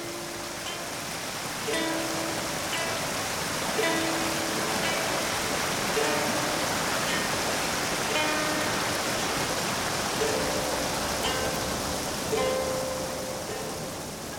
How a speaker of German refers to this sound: schleppen sich über einen steil abfallenden Bergpfad, der an einem Wasserfall vorbeiführt